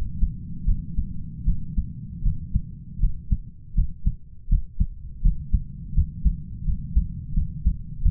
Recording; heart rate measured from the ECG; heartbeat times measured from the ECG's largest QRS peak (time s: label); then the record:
heart sounds by stethoscope; 81 bpm
0.66 s: heartbeat
1.45 s: heartbeat
2.23 s: heartbeat
3.00 s: heartbeat
3.75 s: heartbeat
4.49 s: heartbeat
5.22 s: heartbeat
5.94 s: heartbeat
6.65 s: heartbeat
7.34 s: heartbeat
8.02 s: heartbeat
From the record:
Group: healthy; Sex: male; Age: 33 years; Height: 179 cm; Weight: 80.4 kg